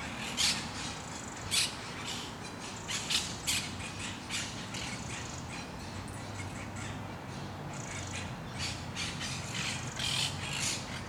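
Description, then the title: Parakeets calling, sharp shrill squawks and chatter repeated irregularly, with low background rumble. Recorded in Parc de Forest, Saint-Gilles, Belgium, with Sony PCM-D100 internal microphones in wide position. "Parc de Forest, 1060 Saint-Gilles, Belgique - Parakeets - Perruches"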